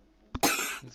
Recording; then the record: coughing mixed with background sound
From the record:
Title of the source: 64 coughing, allergies, singing lungs